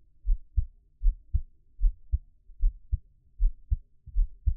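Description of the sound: A normal adult heartbeat heard close up, steady lub-dub beats at about 77 per minute, low-pitched, with no talking.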